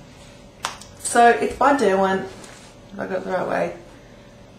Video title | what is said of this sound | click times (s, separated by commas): Little Storage Idea for your Lip/Eye Pencils and Brushes | and that just goes around and then just clicks back in | 0.7 s